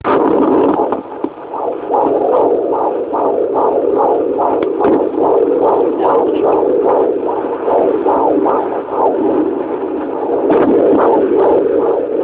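Rapid, regular whooshing pulses around 150 a minute over steady hiss: a fetal heartbeat at 25 weeks 3 days of pregnancy, picked up by Doppler monitor.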